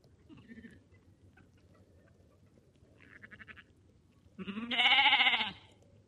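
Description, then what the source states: Sheep bleats: two faint short bleats, then a loud, long quavering bleat near the end. Lambs.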